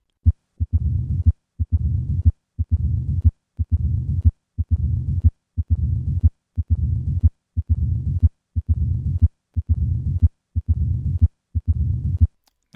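Simulated heart sounds at a regular 60 beats a minute. Each beat has crisp sounds followed by an opening snap about 135 ms after A2, then a long, low-pitched diastolic rumble, typical of mild mitral stenosis. The murmur is best heard with the stethoscope bell held lightly on the chest wall, with the patient in the left decubitus position.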